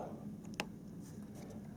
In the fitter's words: and that is clicked back in place.